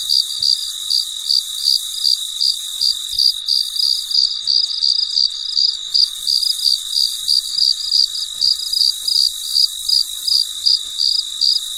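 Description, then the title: Cricket song of evenly repeated high-pitched chirps, close to three per second, against a constant shrill insect hum. Late at night, in deep quiet. "深夜录制蟋蟀昆虫声"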